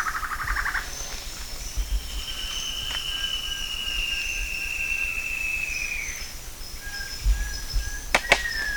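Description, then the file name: Bird giving a short pulsed trill, then a long thin whistle slowly falling in pitch over several seconds, with a few sharp clicks near the end. "SABIOD 50 bird 2015"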